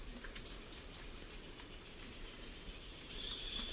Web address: Natures Songs S America Eastern Lowlands. Epinecrophylla ornata, song